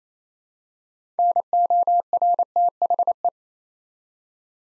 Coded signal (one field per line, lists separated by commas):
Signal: Morse code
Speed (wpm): 29 wpm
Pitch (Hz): 700 Hz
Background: none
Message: NORTHE